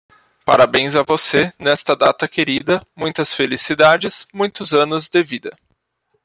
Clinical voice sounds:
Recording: short text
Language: Brazilian Portuguese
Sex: male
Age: 30 to 39 years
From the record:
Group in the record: control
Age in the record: 30 years

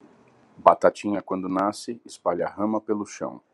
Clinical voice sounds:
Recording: short text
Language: Brazilian Portuguese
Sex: male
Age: 40 to 49 years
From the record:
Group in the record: control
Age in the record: 43 years

